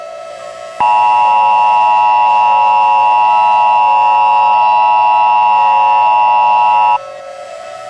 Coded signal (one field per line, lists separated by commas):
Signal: Emergency Alert System (SAME) tones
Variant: 853 and 960 Hz attention tone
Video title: What the...? (EAS MOCK)